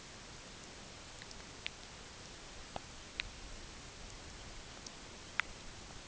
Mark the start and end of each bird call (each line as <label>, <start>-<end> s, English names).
Long-billed Dowitcher, 4.27-4.55 s
Long-billed Dowitcher, 5.10-5.47 s